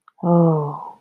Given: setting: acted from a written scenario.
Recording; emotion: vocal sound without words; serenity